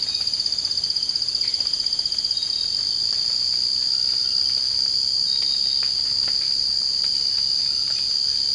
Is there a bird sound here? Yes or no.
no